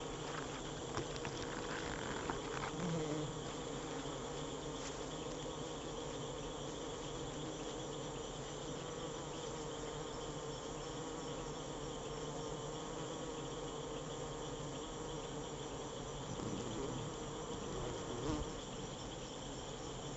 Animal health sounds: honeybee defence experiment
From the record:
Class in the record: control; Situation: empty test tube, no live specimens

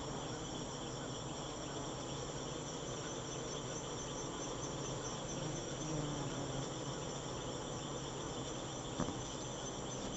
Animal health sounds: honeybee defence experiment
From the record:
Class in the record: attack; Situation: Africanized honeybees under attack by Camponotus atriceps ants

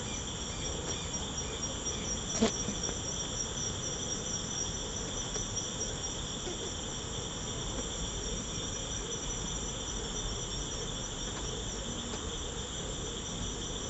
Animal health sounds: honeybee defence experiment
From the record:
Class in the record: control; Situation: empty test tube, no live specimens

